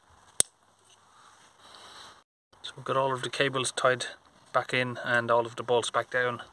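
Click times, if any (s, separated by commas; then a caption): 0.4 s. A plastic electrical connector is squeezed onto an ignition coil in a VW Golf GTI TFSI engine after the coils are pushed down, and it clicks into place with one sharp, loud snap at 0.4 s. The connector is seated. Someone then talks.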